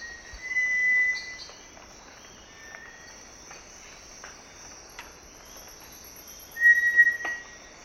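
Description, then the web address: Cinereous tinamou song: two clear, flat whistled notes several seconds apart, set against continuous insect droning. Recorded in Ecuador. "S America Birds of Ecuador. Cinereous Tinamou"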